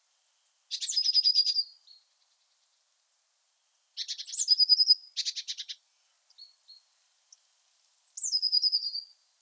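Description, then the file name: Eurasian blue tit song: a high thin note sliding down into a fast trill, given three times about every four seconds, with a few soft chips between. "Cyanistes caeruleus"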